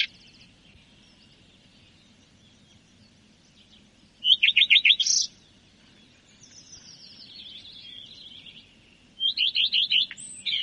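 Common redstart giving two separate song phrases of rapid repeated notes with a squeaky ending, with quieter bird twitters between them.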